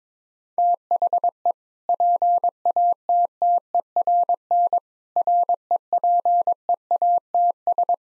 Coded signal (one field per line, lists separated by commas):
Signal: Morse code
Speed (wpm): 22 wpm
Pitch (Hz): 700 Hz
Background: none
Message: THE PATTERN REPEATS